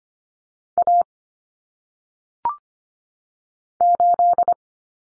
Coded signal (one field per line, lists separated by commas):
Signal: Morse code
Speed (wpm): 25 wpm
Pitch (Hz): 700 Hz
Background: none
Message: A 8